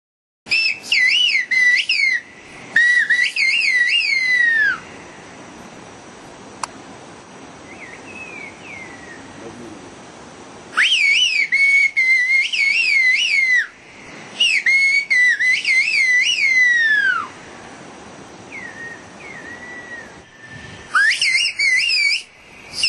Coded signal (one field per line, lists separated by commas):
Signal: whistled language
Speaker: وتعالوا نشوف مجموعه الفيديوهات عن المواضيع